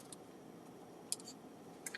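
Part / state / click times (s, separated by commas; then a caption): battery into charging case / not seated / none. A battery is handled against its charging case, pushed toward the slot. Faint small clicks and ticks are heard at about 0.1, 1.1, 1.2, 1.9 and 2.0 seconds, with the sharpest at 1.1 seconds. The battery has not seated or clicked into place yet.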